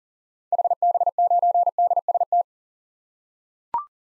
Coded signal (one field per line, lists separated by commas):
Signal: Morse code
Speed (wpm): 40 wpm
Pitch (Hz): 700 Hz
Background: none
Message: HB9DST